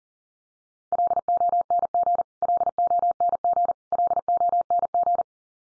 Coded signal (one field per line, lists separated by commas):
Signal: Morse code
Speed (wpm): 40 wpm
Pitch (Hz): 700 Hz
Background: none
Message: LONG LONG LONG